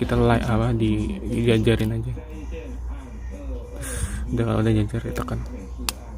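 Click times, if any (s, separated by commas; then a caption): 5.9 s. A plastic part of a Robot Spirits Side EVA Evangelion 13 action figure is pushed into the middle peg hole on the figure while someone talks. A sharp click sounds at 5.9 s as the part seats into its socket.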